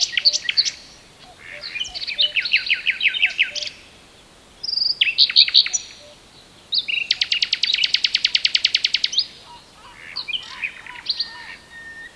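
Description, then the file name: Common nightingale delivering varied song phrases, including a long, very fast rattling trill of repeated notes, with short pauses between phrases. "Luscinia megarhynchos"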